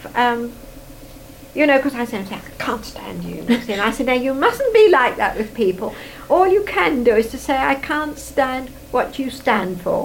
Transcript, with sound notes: Erm, you know, 'cause I say, I say, "I can't stand you!" [laughs] And I say, Now you mustn't be like that with people. All you can do is to say, I can't stand what you stand for."